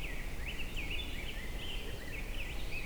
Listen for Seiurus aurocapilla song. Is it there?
no